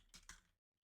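A plastic shoulder pad is slid onto the shoulder of a transforming robot toy after a piece is moved out of the way. Two bright clicky sounds come from the parts, with the sharp one at 0.3 s, then the sound fades into silence. The shoulder pad seats in place.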